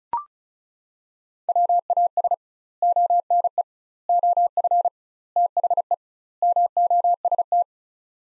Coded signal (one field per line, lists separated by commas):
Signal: Morse code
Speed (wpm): 36 wpm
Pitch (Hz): 700 Hz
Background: none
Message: WAS ONE OF THE MOST